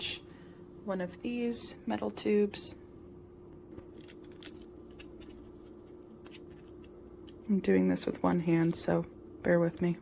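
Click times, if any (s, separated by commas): none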